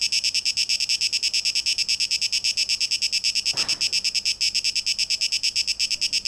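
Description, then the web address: Cicada song: an insistent shrill buzz pulsing at a fast even beat, with one brief low rustle midway. Recorded 12 August 2023; tape echo mix. "rauschpartikel Audio 2023-08-12 Zikaden"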